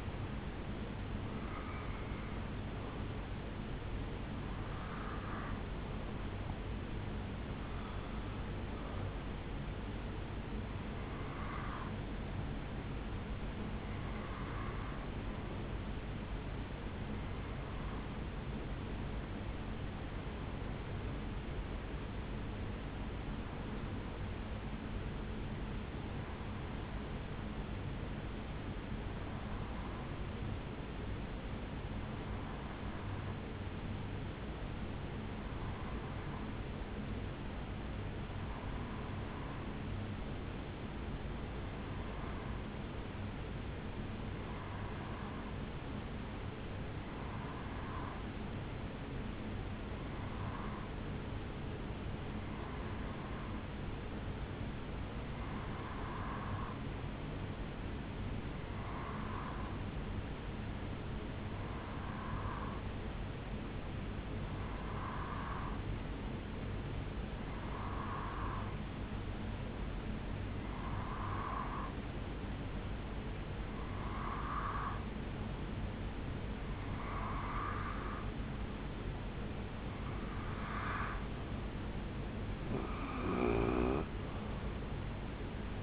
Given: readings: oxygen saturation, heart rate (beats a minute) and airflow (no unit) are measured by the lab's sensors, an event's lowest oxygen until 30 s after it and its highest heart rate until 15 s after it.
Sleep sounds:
breathing in sleep by a voice recorder at the bedside; 1
19.00-77.40 s: hypopnea (N1, oxygen 94% highest, then 90% lowest, heart rate 69 at the start, 77 highest)
54.00-85.83 s: new sleep stage, REM sleep
From the record:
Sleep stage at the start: N1 (lightest sleep); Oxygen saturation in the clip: 90 to 94%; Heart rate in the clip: 59 to 77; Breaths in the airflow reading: 29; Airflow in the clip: -6.1 to 2.8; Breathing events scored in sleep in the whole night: 449 in 7.0 hours asleep

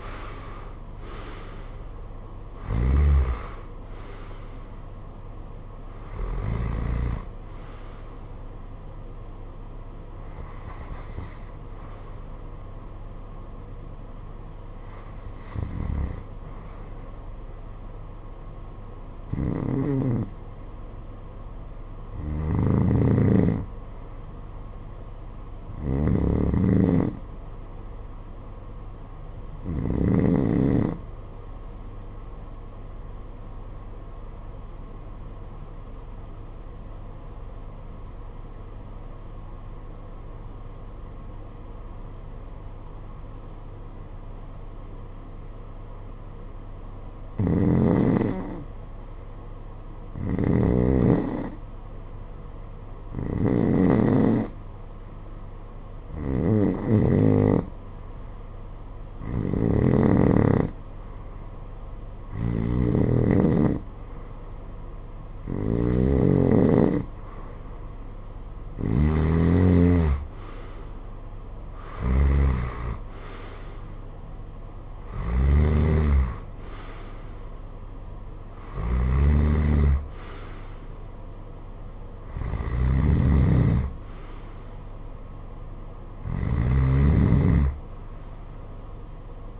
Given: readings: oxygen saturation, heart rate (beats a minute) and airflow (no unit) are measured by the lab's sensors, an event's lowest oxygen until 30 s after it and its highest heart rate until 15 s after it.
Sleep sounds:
breathing in sleep by a smartphone at the bedside; 1
32.00-48.30 s: obstructive apnea (REM, oxygen 95% highest, then 78% lowest, heart rate 55 at the start, 58 highest)
From the record:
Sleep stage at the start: REM sleep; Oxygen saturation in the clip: 68 to 95%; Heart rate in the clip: 52 to 92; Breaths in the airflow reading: 22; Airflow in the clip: -16.4 to 17.3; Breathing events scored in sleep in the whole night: 476 in 9.7 hours asleep

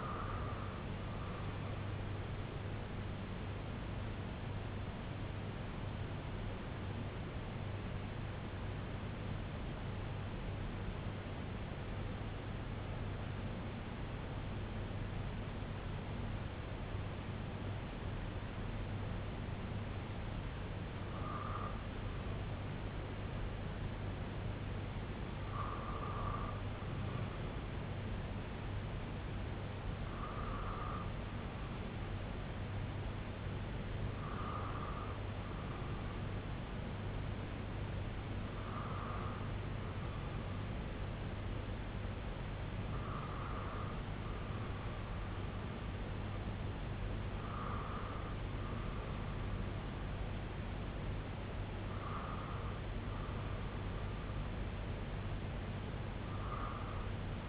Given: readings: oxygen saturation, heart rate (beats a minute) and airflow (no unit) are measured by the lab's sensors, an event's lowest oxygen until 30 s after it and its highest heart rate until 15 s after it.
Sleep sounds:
breathing in sleep by a voice recorder at the bedside; 1
8.00-29.10 s: hypopnea (N2, oxygen 95% highest, then 92% lowest, heart rate 55 at the start, 67 highest)
From the record:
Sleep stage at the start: N2 (light sleep); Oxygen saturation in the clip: 87 to 95%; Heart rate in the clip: 55 to 68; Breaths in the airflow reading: 9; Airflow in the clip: -4.6 to 4.9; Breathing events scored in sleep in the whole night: 258 in 7.4 hours asleep

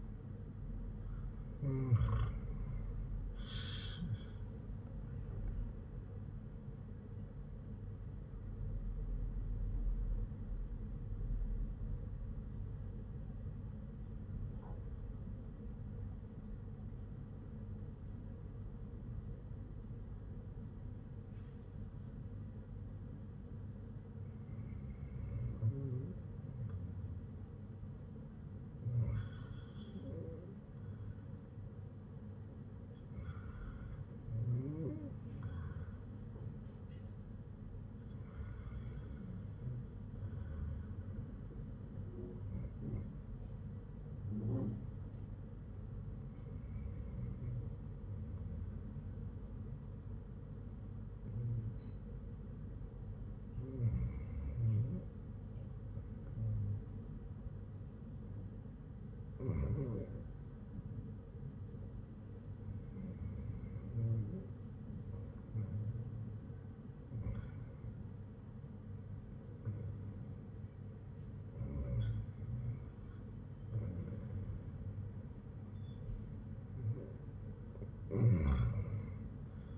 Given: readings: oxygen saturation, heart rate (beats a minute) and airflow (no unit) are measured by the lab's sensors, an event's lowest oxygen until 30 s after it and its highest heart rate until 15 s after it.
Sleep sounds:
breathing in sleep by a smartphone at the bedside; 1
1.00-79.78 s: new sleep stage, REM sleep
8.00-27.10 s: obstructive apnea (REM, oxygen 96% highest, then 94% lowest, heart rate 61 at the start, 61 highest)
From the record:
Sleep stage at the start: N1 (lightest sleep); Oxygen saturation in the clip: 90 to 96%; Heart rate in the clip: 54 to 61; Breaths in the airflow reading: 13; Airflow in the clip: -6.2 to 8.0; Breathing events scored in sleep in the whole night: 182 in 7.4 hours asleep

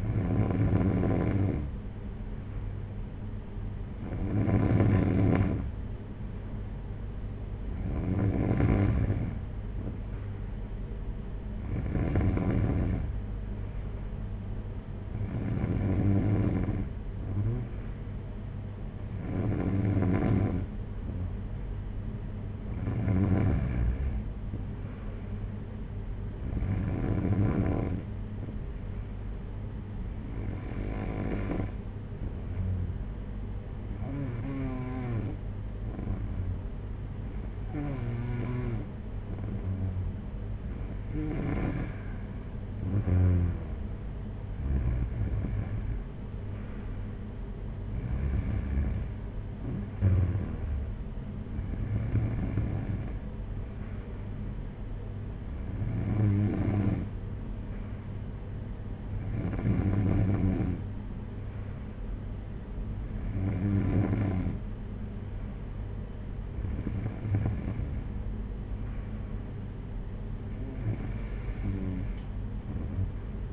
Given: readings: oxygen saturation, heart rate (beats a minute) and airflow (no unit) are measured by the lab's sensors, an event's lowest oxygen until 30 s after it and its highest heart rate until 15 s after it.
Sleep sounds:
breathing in sleep by a smartphone at the bedside; none
none scored
From the record:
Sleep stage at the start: N3 (deep sleep); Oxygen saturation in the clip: 93 to 94%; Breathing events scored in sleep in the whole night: 226 in 8.8 hours asleep

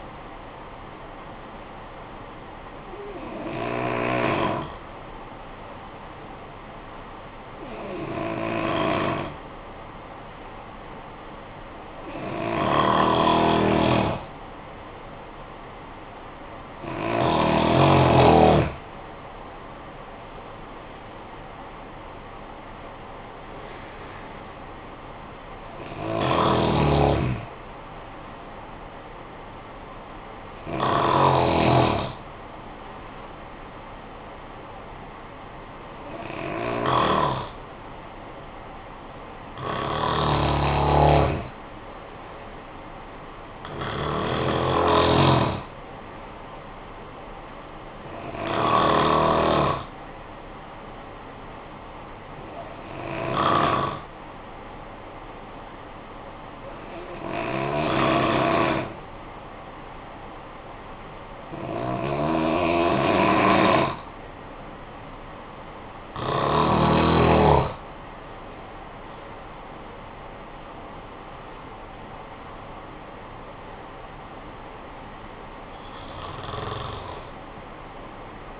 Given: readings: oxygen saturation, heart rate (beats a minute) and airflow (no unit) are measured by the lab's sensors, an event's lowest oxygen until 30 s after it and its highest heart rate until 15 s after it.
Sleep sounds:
breathing in sleep by a voice recorder at the bedside; 2
3.00-20.80 s: hypopnea (N1, oxygen 95% highest, then 88% lowest, heart rate 50 at the start, 70 highest)
36.00-66.80 s: hypopnea (N1, oxygen 96% highest, then 85% lowest, heart rate 52 at the start, 67 highest)
44.00-74.00 s: new sleep stage, N2 (light sleep)
74.00-78.60 s: new sleep stage, N1 (lightest sleep)
From the record:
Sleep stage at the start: N1 (lightest sleep); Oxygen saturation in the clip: 86 to 96%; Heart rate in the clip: 49 to 70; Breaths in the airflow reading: 18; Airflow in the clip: -10.6 to 10.5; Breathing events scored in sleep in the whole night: 445 in 7.6 hours asleep

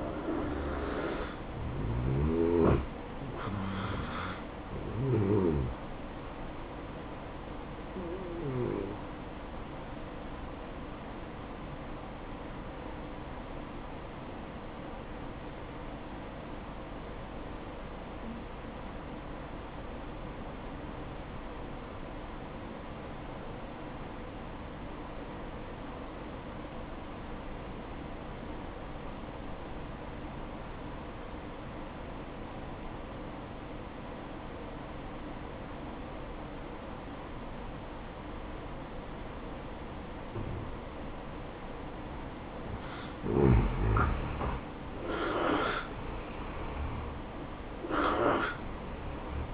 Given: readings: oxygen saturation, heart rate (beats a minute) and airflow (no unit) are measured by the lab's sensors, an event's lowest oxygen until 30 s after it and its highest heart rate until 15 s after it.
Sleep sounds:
breathing in sleep by a voice recorder at the bedside; 1
14.00-43.90 s: obstructive apnea (N1, oxygen 95% highest, then 83% lowest, heart rate 61 at the start, 72 highest)
18.00-49.54 s: new sleep stage, N2 (light sleep)
From the record:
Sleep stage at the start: N1 (lightest sleep); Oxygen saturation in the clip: 85 to 95%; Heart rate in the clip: 57 to 76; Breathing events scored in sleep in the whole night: 573 in 9.8 hours asleep

